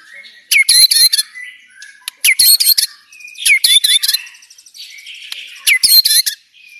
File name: Suara tembakan speed rapat Murai batu banjar